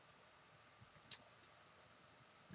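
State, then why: Seated. A plastic helmet ridge on a transforming action figure is pressed into the groove on the figure's body so it snaps in place and holds the head. A faint tick at 0.8 s comes first, then a sharp, bright snap at 1.1 s as the ridge seats, and one more light tick at 1.4 s against a quiet background. The ridge is seated in the groove.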